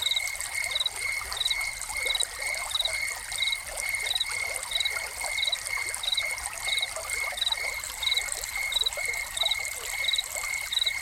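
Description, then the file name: Crickets chirp in steady, evenly spaced pulsed bursts, a second high pulsing line running alongside, over a bed of trickling water. Crickets recorded together with a fountain as a soundscape. "Crickets and Fountain"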